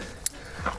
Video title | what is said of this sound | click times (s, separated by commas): Coleman Instant Swagger 2P Tent - How to setup & pack away | Until that push pin locks in place. | 0.3 s